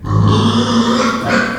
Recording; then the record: squeal of a Yucatan mini pig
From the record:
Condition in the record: after surgery on the right vocal fold (resection and tissue-engineered implant); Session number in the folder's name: 16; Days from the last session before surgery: 183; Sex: female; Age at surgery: 19 weeks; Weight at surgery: 25 kg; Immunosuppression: prednisolone